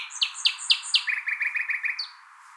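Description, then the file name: Common nightingale song: four loud, spaced, sharply falling notes followed by a quicker run of lower repeated chips and a closing high flourish. "Luscinia megarhynchos"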